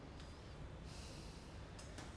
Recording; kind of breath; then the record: one breath in and out by a microphone near the nose and mouth; normal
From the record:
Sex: male